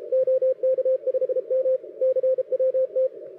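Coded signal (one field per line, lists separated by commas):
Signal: Morse code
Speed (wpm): 35 wpm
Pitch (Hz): 530 Hz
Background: radio noise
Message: OK5M CWT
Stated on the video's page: Contest operating in the CWT, run remotely on a K3 radio.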